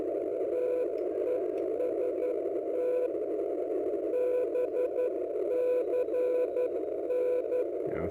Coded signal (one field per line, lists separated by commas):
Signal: Morse code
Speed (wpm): 11 wpm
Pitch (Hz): 500 Hz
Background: radio noise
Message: TEST BCN